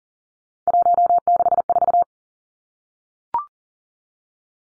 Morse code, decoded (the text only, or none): 164